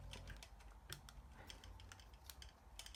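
The collapsed plastic head section of a Transformers Studio Series 07 Grimlock robot action figure is handled and pressed so its grooved tab can lock into a small slot underneath. Light, scattered plastic ticks and taps sound over a low background rumble. Nothing has seated or clicked yet.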